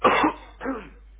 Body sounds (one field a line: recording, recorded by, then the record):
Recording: voluntary cough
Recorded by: telephone call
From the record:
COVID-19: positive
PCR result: self-reported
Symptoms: yes